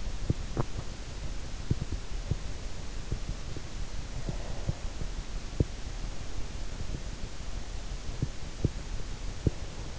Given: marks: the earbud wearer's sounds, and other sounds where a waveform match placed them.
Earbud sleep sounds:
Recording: sounds in sleep by an in-ear microphone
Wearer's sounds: teeth grinding, breath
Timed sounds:
0.00-6.06 s: teeth grinding
4.10-4.98 s: breath
7.81-9.90 s: teeth grinding

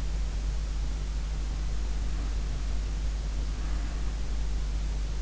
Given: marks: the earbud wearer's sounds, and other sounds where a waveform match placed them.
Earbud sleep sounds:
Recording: sounds in sleep by an in-ear microphone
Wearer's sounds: breath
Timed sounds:
1.45-4.27 s: breath

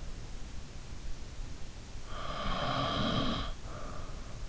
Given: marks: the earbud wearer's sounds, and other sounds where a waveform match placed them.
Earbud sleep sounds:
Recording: sounds in sleep by an in-ear microphone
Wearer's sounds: snoring breath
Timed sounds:
2.07-4.21 s: snoring breath

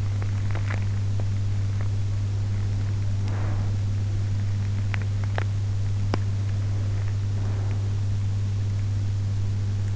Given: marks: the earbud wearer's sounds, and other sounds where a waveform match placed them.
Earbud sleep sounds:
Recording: sounds in sleep by an in-ear microphone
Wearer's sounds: teeth grinding, breath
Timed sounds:
0.00-1.36 s: teeth grinding
3.08-4.28 s: breath
4.79-6.15 s: teeth grinding
6.51-8.74 s: breath

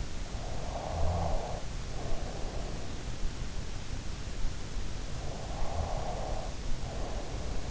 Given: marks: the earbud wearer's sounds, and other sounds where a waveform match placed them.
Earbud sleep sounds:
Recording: sounds in sleep by an in-ear microphone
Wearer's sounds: snoring breath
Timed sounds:
0.50-3.40 s: snoring breath
5.04-7.71 s: snoring breath

